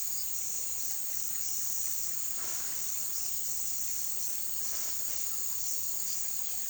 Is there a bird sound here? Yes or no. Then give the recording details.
no. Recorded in pastures near Puerto Asís, Putumayo, Colombia, on 19 February 2024 at 17:00. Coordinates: 0.468, -76.328. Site G6414